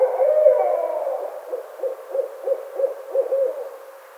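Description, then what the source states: Barred owl call that opens with a long loud hoot, then breaks into a quick run of short clipped hoots that gradually fade. Recorded 25 May 2009.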